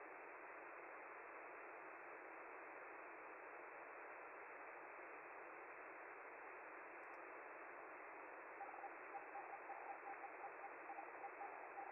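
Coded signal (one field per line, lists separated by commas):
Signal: Hellschreiber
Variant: Feld-Hell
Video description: With the FLDigi program I'm quickly sending a short message on the 10m band and receive it locally with a KiwiSDR receiver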